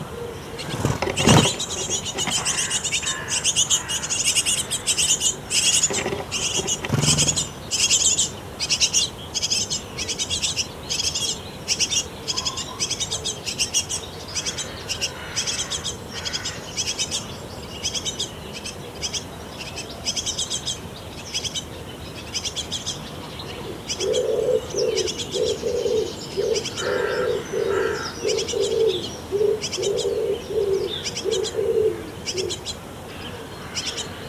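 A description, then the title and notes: Busy morning birdsong with rapid, bright chirping throughout, a few sharp knocks early on, and a lower cooing pulse around 24–33 seconds. Busy morning birds around a bird nest box at a Danish summer cottage. Just before sunrise, parent birds start looking for food to their hungry chicks in the bird nest box at the cottage wall.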